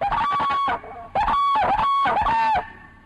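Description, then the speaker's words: Whooping crane trumpeting: loud, rich, horn-like calls in two bursts with a brief pause between them. Trumpeting call gives the species its name; can be heard two miles away; compared to a French horn. "Whooping cranes take their name from their call, an astounding trumpeting that can be heard 2 miles away and sounds like a French horn player on LSD."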